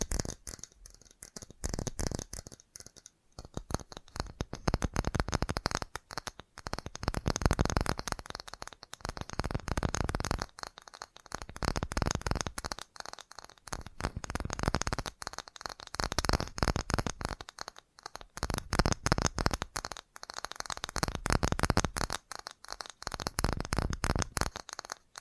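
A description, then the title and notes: Fast tapping in dense, rapid bursts that swell and ease every few seconds, with brief pauses and a steady bright hiss throughout. FAST TAPPING (No Talking).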